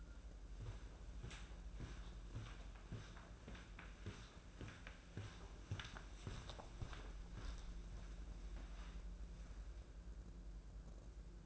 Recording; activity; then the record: daily activity, microphone in the room; walk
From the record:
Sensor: 2